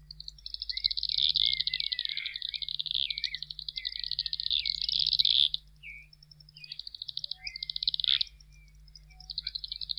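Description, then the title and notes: Fork-tailed flycatcher calls: dense, rapid high chattering and buzzy twittering in long bursts, with brief pauses, over a steady low hum. Song described as varied chirps and warbles; lives in open places with trees or shrubs, sallying out to catch insects. "Museo de Ciencias de Bahía Blanca. Tijereta (Tyrannus savana). Su canto comprende variados chirridos y gorjoeos"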